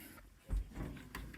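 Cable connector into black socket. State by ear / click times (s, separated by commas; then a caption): seated / 1.2 s. A tabbed plastic cable connector is lined up and pressed onto a black connector socket. After a soft low bump around 0.5 s, it snaps in with a short, sharp click at 1.2 s, followed by a couple of fainter ticks. The connector is seated.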